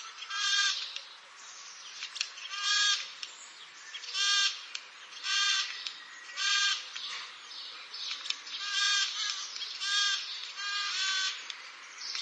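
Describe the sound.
Eurasian jay screeching: harsh, hoarse, tearing calls repeated every second or two, several in a row.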